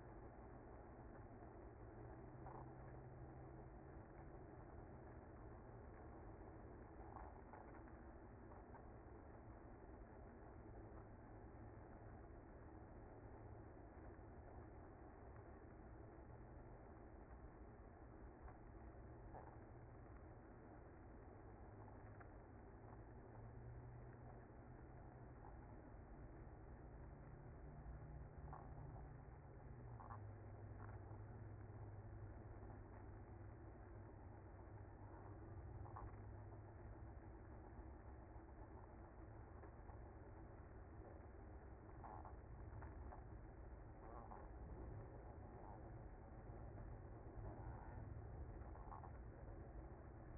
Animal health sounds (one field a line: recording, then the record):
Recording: honeybee colony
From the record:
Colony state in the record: active